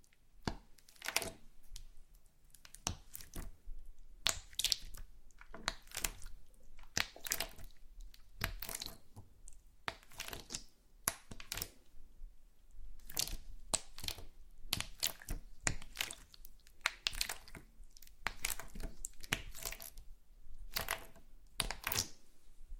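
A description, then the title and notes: Slime being squished and pulled, with a steady run of wet crackles, pops and squelches. The bursts come irregularly but densely, several every second, bright and crisp with little low rumble. A faint hiss sits between the sharper clicks throughout. ASMR SLIME No Talking Satisfying slime Sounds.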